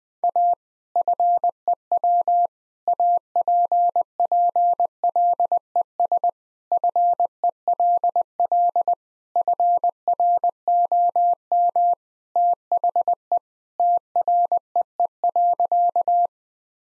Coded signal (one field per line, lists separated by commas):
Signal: Morse code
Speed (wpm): 20 wpm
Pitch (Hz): 700 Hz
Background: none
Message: A FEW APPLES FELL FROM THE TREE.